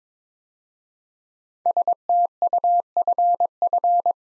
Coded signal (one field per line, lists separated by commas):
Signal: Morse code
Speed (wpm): 22 wpm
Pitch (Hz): 700 Hz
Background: none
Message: STUFF